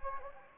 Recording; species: mosquito wingbeat signal from an infrared sensor; Anopheles gambiae